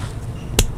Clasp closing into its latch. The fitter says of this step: That's a good That's a good latch. You can hear it in the clasp.